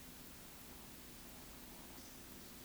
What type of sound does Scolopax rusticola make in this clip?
whistle, croak